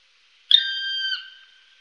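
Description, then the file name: Black woodpecker call: one drawn-out, level, plaintive whistled note lasting under a second, then fading away. "Spillkraka"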